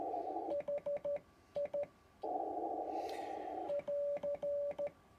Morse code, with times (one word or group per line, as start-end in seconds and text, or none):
0.5-1.8 HI
3.7-4.9 <AR>